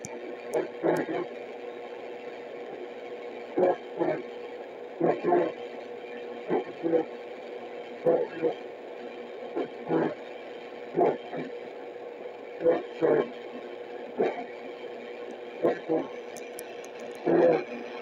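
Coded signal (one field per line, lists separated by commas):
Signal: coded military voice message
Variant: Emergency Action Message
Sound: short spoken syllables read out at steady intervals through radio hiss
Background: radio static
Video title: SIHUADON R-108 - Long EAM [Emergency Action Message] - No USB mode - 11175 khz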